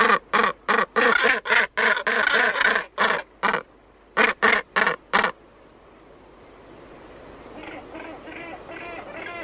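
Northern gannet loud harsh rasping calls in a rapid series, then the calls stop and background noise slowly rises.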